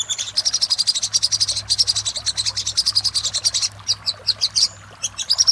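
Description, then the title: Little spiderhunter song: a long, rapid, steady series of high, metallic notes, followed by a few looser, more varied chips near the end. Master song used for training cage birds, labelled 'Labaik'. "Masteran Burung Sogok Ontong Labaik"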